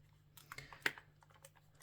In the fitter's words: so on once you've got it all down like this you'll hear it like a little click